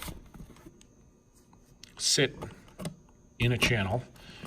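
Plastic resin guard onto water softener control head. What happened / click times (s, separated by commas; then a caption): The plastic guard is being handled and has not yet clicked home / none. A plastic resin guard is handled against its channel on the underside of a water softener control head, where it is meant to twist and click into place to keep resin out of the control head. Someone talks over soft tapping and rustling handling sounds. Nothing has seated or clicked yet.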